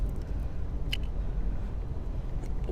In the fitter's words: there's that one click